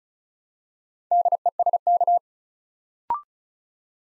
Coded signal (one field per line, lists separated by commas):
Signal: Morse code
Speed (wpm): 36 wpm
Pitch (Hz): 700 Hz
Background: none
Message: DESK